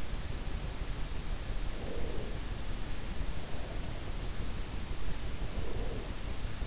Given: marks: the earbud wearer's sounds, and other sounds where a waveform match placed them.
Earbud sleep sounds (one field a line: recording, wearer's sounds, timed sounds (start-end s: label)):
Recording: sounds in sleep by an in-ear microphone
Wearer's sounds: breath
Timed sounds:
1.37-2.59 s: breath
5.19-6.45 s: breath